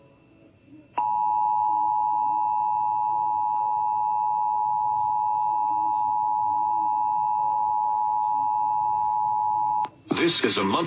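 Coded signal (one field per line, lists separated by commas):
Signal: Emergency Alert System (SAME) tones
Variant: 853 and 960 Hz attention tone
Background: speech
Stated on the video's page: Utah statewide monthly EAS test.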